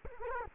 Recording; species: mosquito wingbeat signal from an infrared sensor; Culex quinquefasciatus